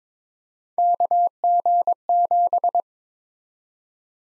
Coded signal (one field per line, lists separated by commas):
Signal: Morse code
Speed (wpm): 22 wpm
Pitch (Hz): 700 Hz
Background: none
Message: KG7